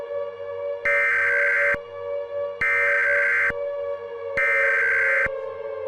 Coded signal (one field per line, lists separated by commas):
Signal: Emergency Alert System (SAME) tones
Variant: header bursts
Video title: EAS Scenario - Nuclear Attack (REMASTERED)